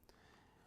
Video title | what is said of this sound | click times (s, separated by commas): Aventuro Carbon Modes | they snap in place like that at the side of the visor | 0.1 s